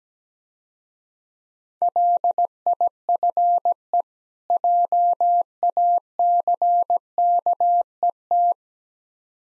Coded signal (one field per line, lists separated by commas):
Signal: Morse code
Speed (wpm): 18 wpm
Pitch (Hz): 700 Hz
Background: none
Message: LIFE JACKET